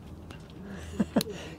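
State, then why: Seated. A metal lock shackle, chosen over a snap shackle because snap shackles can open by themselves when banged, is closed a second time with some effort, its pin going into the shackle body. Faint taps at 0.3 and 0.5 s and a duller knock at 1.0 s come before a sharp, bright metallic click at 1.2 s as the shackle seats and locks in place.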